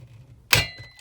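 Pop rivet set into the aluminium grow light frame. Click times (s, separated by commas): 0.5 s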